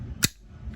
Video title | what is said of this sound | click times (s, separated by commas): AR15 Field Strip Simple | It'll click into place. | 0.2 s